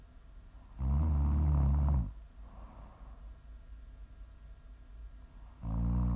Prime ASMR snoring. You can listen to sleep, to relax, to wind down.